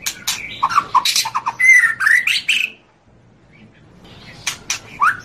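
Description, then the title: White-rumped shama singing a short burst of clicks and slurred whistles, then a pause with faint background hum before a few more sharp notes. Song used as a training master for other cage birds to learn from. "MASTERAN MURAI BATU LABAIK"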